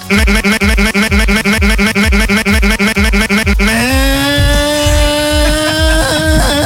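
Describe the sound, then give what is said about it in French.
A small scooter engine chugs in rapid, even pulses for a few seconds, then catches and settles into a steady buzzing drone whose pitch climbs slightly as it revs. No voices are heard. “Voilà, on va démarrer démarrer le scooter là, attention.”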